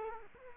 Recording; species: mosquito wingbeat signal from an infrared sensor; Culex quinquefasciatus